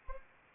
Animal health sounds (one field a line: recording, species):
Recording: mosquito wingbeat signal from an infrared sensor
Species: Anopheles arabiensis